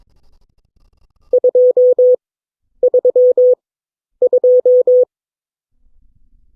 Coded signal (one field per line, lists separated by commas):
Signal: Morse code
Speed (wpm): 23 wpm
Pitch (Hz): 500 Hz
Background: none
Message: 232